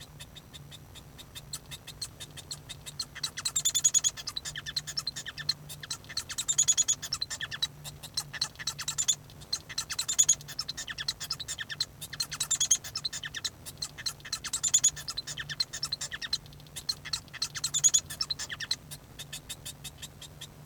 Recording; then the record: song of a male Bengalese finch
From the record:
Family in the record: son of father 1